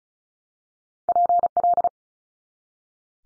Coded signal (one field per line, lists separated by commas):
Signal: Morse code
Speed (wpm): 36 wpm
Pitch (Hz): 700 Hz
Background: none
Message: PL